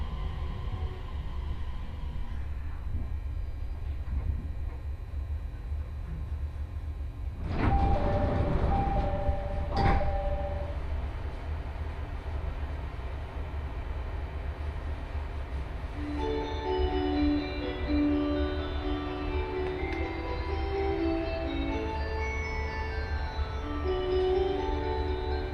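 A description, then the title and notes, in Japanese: Joban Line train journey: a steady low rumble throughout, a loud rattling burst around seconds 7–10, then a rising whining motor tone from 16 seconds. 鉄道旅 常磐線 南中郷→勝田。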